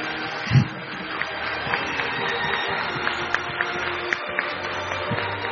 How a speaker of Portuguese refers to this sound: Nós gostaríamos de agradecer também, e a nossa homenagem é uma palmas para eles, que eles merecem, viu? Ficaram dia e noite trabalhando.